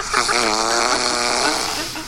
She'd been out drinking. She snored so loud. From a 5 foot tall woman.